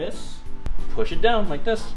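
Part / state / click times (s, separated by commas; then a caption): plastic high chair component into the side slots of the high chair frame / not seated / none. A plastic high chair part for a Graco 7 in 1 High Chair is lined up with the two side slots on the high chair frame and pushed down while someone talks over background music. Nothing has seated or clicked yet; the clip ends just before the part goes home.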